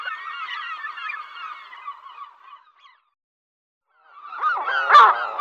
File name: gabbiano reale nordico